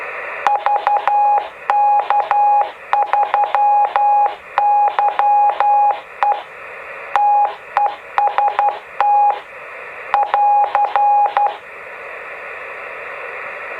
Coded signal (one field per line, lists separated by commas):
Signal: Morse code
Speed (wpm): 12 wpm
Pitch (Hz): 820 Hz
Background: none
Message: VK3YE TEST <AR>